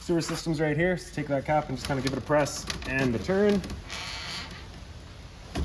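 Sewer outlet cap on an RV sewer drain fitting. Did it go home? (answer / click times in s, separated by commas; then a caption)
released / 5.5 s. On a 2023 Forest River RPOD 192 RV travel trailer, the sewer outlet cap on the sewer drain fitting is pressed in and turned to unlock its bayonet ears while someone talks. A single sharp hit sounds at 5.5 s as the cap twists free and comes off.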